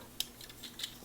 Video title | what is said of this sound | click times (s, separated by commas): Transformers Titans Return Deluxe Class Flintlock and Sergeant Kup Review | the fists in those lock into place I mean | 0.2 s